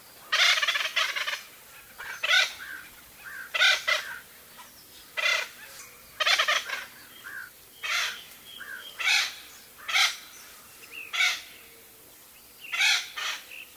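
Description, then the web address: Bird calls: a run of harsh, scratchy, chattering notes in quick bursts, with softer, fainter calls between them, continuing throughout. "az brid sounds"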